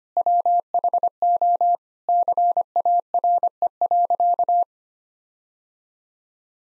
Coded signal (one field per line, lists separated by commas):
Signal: Morse code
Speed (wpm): 25 wpm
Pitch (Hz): 700 Hz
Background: none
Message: WHO CARE.